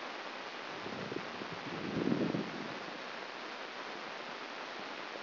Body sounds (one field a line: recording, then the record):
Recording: brain microelectrode recording played as sound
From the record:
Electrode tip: inside the subthalamic nucleus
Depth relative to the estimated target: -3 mm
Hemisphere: left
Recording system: AlphaMap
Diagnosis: Parkinson's disease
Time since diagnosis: 15 years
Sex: female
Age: 68 years